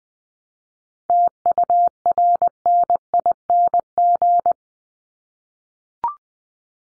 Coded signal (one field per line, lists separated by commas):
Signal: Morse code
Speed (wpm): 20 wpm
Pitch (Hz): 700 Hz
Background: none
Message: TURNING